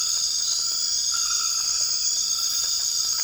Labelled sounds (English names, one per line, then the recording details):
none
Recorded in dense forest near Puerto Asís, Putumayo, Colombia, on 12 March 2025 at 02:30
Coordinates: 0.485, -76.318
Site G056